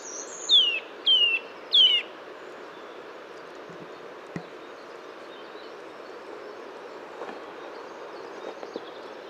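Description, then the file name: Eurasian nuthatch, a few quick descending whistled calls at the start, then only background noise with a faint click. "Sitta europaea"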